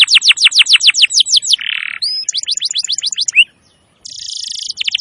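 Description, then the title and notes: Canary song: rapid series of high downslurred notes, a short buzzy burst, more quick trills, a brief pause, then a dense buzzy roll and fast notes. Masteran recording of a canary singing continuously (gacor), used to lure wild canaries. "Pikat Kenari GACOR PANJANG INI Cocok Untuk Masteran KENARI LIAR. Masteran burung kenari gacor parah"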